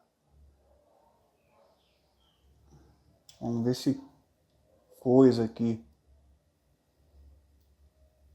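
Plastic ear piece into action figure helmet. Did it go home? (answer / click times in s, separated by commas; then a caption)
no / none. A small plastic ear piece is handled against an action figure's helmet, with faint handling noises and a short sharp sound at 3.3 s just before someone talks briefly. Nothing has seated or clicked into place yet; the clip ends before the ear piece goes home.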